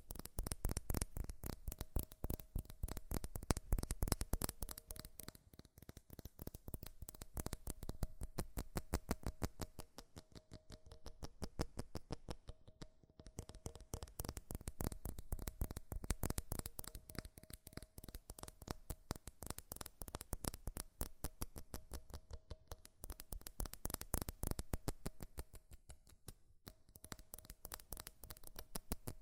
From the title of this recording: FAST & FURIOUS TAPPING Metal Sounds